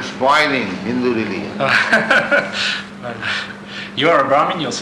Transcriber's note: laughs